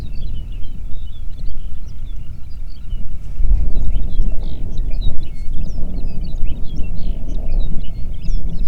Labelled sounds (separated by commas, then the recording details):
songbird, wind
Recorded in the Prudhoe Bay oil fields, Alaska, on 8 June 2019 at 05:20
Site 30